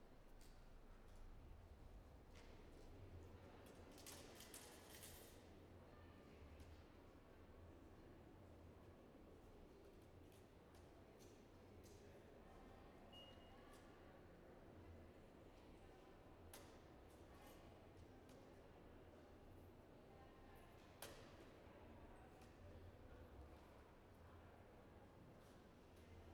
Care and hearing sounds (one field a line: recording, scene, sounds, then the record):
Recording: everyday scene through a hearing-aid microphone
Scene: reverberant space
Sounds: background noise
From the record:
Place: railway station hall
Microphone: behind the ear, right, rear